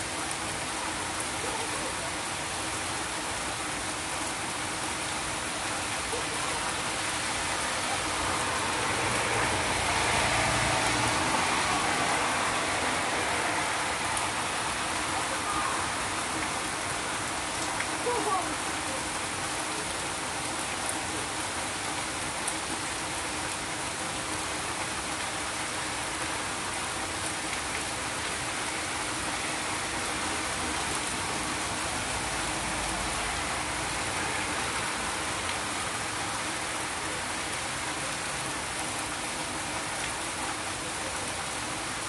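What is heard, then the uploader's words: Heavy rain pours down in a dense, steady hiss that fills the whole recording with no breaks. Around ten to fifteen seconds it swells a little louder and brighter, then settles back to an even roar. A faint low rumble sits underneath. Lots and lots of rain. Loud loud rain.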